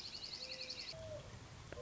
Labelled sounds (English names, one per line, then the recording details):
Mourning Dove
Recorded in Sonoma County, California